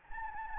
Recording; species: mosquito wingbeat signal from an infrared sensor; Anopheles gambiae